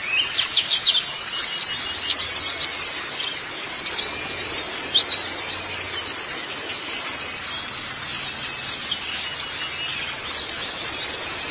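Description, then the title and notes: White-eye song: quick, high-pitched tinkling chirps, about three a second, in a steady stream. "Kicauan Burung Pleci Durasi Panjang. Suara kicauan burung pleci"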